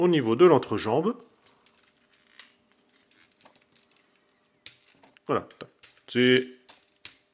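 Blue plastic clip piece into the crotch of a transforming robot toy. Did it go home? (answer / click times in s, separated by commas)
yes / 7.1 s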